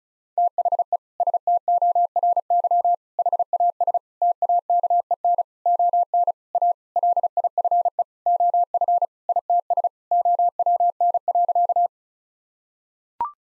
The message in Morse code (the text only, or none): THE STORY HAS TAKEN ON A LIFE OF ITS OWN.